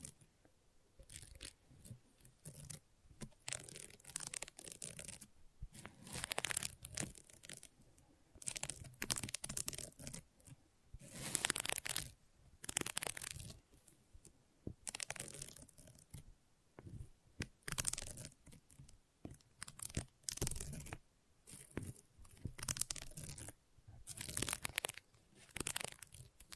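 Gentle scratching comes in short, dry, rasping strokes with brief pauses between them, one or two per second at an uneven pace. A few longer strokes run near the middle and toward the end. The texture is crisp and papery, almost crinkly, with nothing else behind it.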